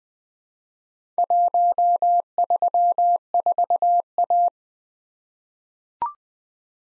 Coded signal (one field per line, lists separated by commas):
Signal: Morse code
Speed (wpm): 20 wpm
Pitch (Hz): 700 Hz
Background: none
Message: 134A